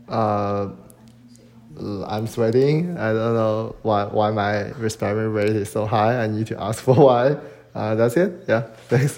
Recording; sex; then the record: free speech after running; male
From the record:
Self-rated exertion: light exertion (2 of 6); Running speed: 7 miles an hour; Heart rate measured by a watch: 87 beats a minute at the start, 84 at the end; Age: 23 years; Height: 172 cm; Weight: 73 kg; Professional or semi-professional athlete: no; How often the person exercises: 3 to 5 times a week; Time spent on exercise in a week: over 5 hours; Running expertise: yes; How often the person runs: 3 to 5 times a week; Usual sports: running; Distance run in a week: 40 km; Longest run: 20 km